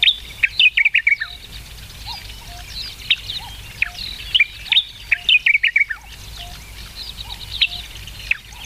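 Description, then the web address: Sakhalin grasshopper warbler singing short emphatic phrases of falling notes, several times, amid busy high twittering and soft low repeated hoots from another bird. "sikioto birds ezosenyo"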